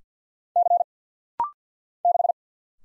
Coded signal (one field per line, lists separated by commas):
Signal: Morse code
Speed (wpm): 50 wpm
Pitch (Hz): 700 Hz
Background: none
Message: C 6